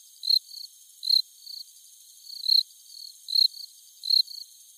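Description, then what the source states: Cricket chirping, high bright pulses about once a second, each loud chirp followed by a softer answering chirp from a second cricket. A pair of crickets.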